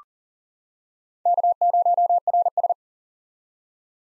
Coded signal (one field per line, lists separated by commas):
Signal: Morse code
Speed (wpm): 40 wpm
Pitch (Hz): 700 Hz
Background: none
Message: K0RS